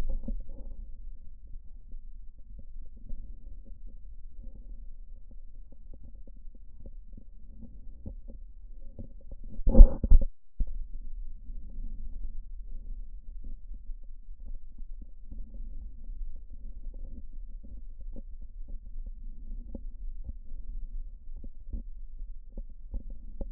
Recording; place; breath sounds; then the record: lung sounds by stethoscope; left posterior lower chest; crackles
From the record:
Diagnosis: heart failure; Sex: male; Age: 53 years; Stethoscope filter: diaphragm mode, 100 to 500 Hz